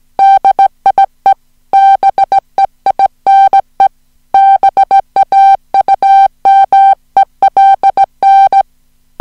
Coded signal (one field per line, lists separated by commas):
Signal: Morse code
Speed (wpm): 17 wpm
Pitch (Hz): 780 Hz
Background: music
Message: DIE BEINE BAUMELN